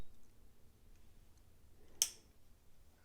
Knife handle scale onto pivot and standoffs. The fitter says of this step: and that just pops right into place beautifully oop and